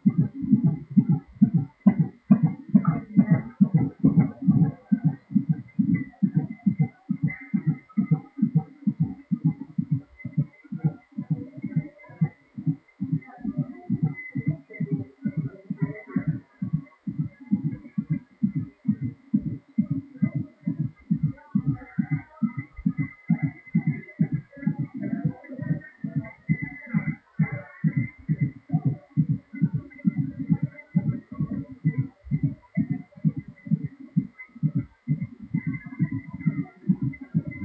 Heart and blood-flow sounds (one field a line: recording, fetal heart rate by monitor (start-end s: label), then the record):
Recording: fetal heart sounds by stethoscope on the mother's abdomen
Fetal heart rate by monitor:
0.00-10.00 s: 139 bpm
10.00-20.00 s: 132 bpm
20.00-30.00 s: 131 bpm
30.00-37.65 s: 137 bpm
From the record:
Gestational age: 35 weeks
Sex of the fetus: boy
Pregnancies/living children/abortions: 2/1/0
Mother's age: 30 years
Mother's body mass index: 27.7